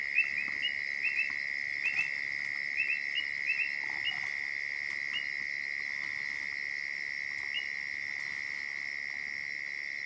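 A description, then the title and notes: Frogs and insects at dusk in the African savanna: a steady shrill insect drone with short chirping calls clustered early, fading to occasional ones later. Dusk in the African savanna - Frogs and insects. As dusk falls in the African savanna, the sounds of frogs and insects take over the soundscape.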